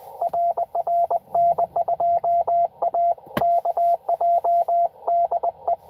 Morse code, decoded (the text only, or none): RR N2AKJ DE